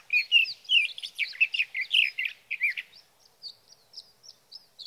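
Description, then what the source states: Sage thrasher song: about three seconds of fast, jumbled warbled phrases, then a scatter of thin, high notes. Male singing through the night near his night roost, three nights from the evening of June 12 to the morning of June 15, 2018, Sierra Valley, California; Swift recorder.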